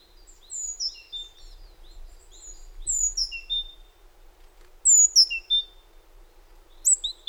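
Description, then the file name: Great tit calls: a series of high, clear whistled notes, many slurring downward, given in loose, irregular groups in a quiet setting. "Parus major"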